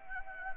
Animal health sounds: mosquito wingbeat signal from an infrared sensor; Anopheles gambiae

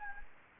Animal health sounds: mosquito wingbeat signal from an infrared sensor; Anopheles gambiae

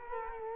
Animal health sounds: mosquito wingbeat signal from an infrared sensor; Culex quinquefasciatus

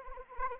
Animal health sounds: mosquito wingbeat signal from an infrared sensor; Anopheles arabiensis

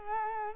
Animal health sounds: mosquito wingbeat signal from an infrared sensor; Culex quinquefasciatus

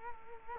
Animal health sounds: mosquito wingbeat signal from an infrared sensor; Culex quinquefasciatus

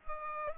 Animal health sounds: mosquito wingbeat signal from an infrared sensor; Culex pipiens

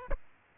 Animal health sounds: mosquito wingbeat signal from an infrared sensor; Aedes albopictus

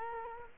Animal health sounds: mosquito wingbeat signal from an infrared sensor; Culex quinquefasciatus

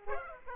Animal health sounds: mosquito wingbeat signal from an infrared sensor; Aedes aegypti

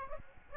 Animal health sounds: mosquito wingbeat signal from an infrared sensor; Aedes aegypti

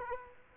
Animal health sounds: mosquito wingbeat signal from an infrared sensor; Culex quinquefasciatus

